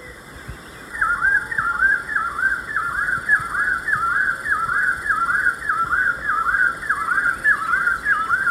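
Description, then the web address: Rufous-breasted wood-quail song: after a brief pause, a fast, rhythmic run of many rolling whistled phrases repeated steadily, over faint continuous high tones. Ecuador. "Birds of Ecuador. Rufous-Breasted Wood-Quail"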